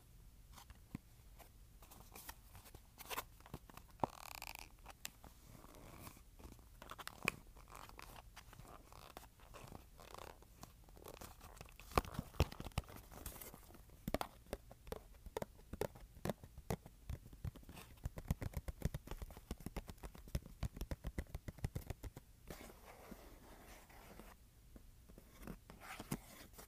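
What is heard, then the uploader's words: Cardboard container being handled: dense, irregular crinkles, taps and scratches throughout, with sharper clusters of clicks around the middle and near the end. ASMR Cardboard Container.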